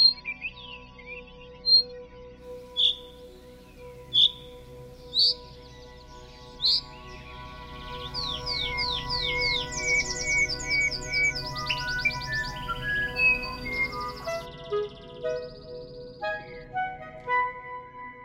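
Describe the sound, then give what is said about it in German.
Sharp, high bird calls, calls that serve as a substitute for song, repeat at a steady pace, about one per second, then give way to a busier run of sweeping, whistled call notes rising and falling over a steady low hum. “Das sind Rufe, die eigentlich Gesangsersatz darstellen.”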